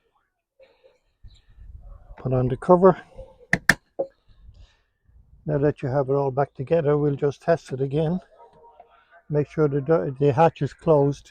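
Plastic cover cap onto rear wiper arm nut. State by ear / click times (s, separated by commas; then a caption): seated / 3.5 s, 3.7 s. After the rear wiper motor and arm are refitted, a plastic cover cap is pressed over the rear wiper arm nut and snaps into place with two sharp, loud clicks at 3.5 and 3.7 seconds. Someone talks before and after, and the cap is seated.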